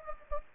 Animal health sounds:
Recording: mosquito wingbeat signal from an infrared sensor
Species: Anopheles gambiae

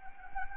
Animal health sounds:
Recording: mosquito wingbeat signal from an infrared sensor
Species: Anopheles gambiae

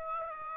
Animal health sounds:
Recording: mosquito wingbeat signal from an infrared sensor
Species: Aedes aegypti

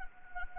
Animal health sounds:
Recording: mosquito wingbeat signal from an infrared sensor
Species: Anopheles arabiensis

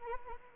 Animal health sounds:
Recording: mosquito wingbeat signal from an infrared sensor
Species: Anopheles arabiensis

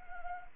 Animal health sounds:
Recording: mosquito wingbeat signal from an infrared sensor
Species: Anopheles arabiensis

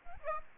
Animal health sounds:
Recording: mosquito wingbeat signal from an infrared sensor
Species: Aedes aegypti

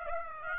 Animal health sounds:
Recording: mosquito wingbeat signal from an infrared sensor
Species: Aedes aegypti

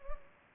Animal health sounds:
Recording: mosquito wingbeat signal from an infrared sensor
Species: Culex pipiens

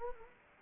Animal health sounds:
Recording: mosquito wingbeat signal from an infrared sensor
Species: Anopheles gambiae

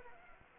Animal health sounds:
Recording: mosquito wingbeat signal from an infrared sensor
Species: Anopheles arabiensis

